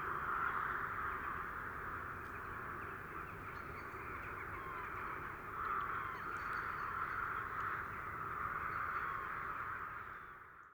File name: Rook Flock